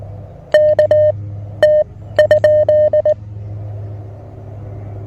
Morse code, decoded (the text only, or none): KT ?